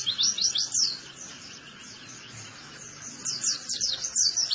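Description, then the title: White-eye song: sharp high chirps and twittering runs, dipping quieter midway over background hiss, then rising again into rapid chirping. Vigorously singing ('gacor') white-eye, used as a master recording to train cage birds for song competition success. "Pleci Gacor. Masteran Burung PLECI Untuk Cetak PRESTASI"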